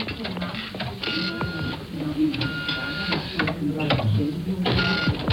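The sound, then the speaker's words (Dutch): A telex machine operated by a plain-clothes man clatters away sending a telex message, a cancellation notice for a wanted-person alert, a dense mechanical chatter of rapid strikes in uneven bursts with a faint steady tone, while people talk over it. “Ja, die is aan het telex. Dus er moet kennelijk een telexbericht uit.”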